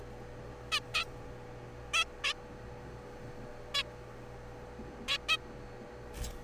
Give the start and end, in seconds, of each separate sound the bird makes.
0.72-0.80, 0.94-1.04, 1.93-2.04, 2.24-2.33, 3.74-3.83, 5.08-5.17, 5.29-5.37